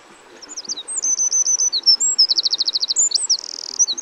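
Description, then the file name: Eurasian wren singing a fast, high-pitched song of varied notes, ringing trills and a buzzy rattle. "Troglodytes troglodytes"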